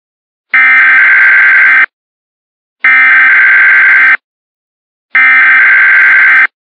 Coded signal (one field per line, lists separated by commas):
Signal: Emergency Alert System (SAME) tones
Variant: header bursts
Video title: Emergency Alert System Creepypasta Smile Dog.Jpg